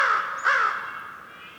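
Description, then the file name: Crow giving a harsh caw that overlaps an earlier fading caw, followed by a long echoing tail in quiet surroundings. Winter forest morning in the North Laurentian Woods, Canada; crow calls echoing. "WINTER Forest morning crow calls echoing and various birds chirps, North Laurentian Woods, Canada"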